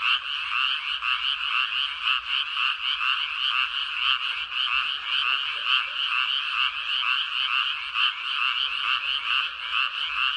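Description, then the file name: Frogs calling together, a dense rattle of short croaks, unbroken from start to finish. Recorded on 13 May 2022. "20220513 개구리"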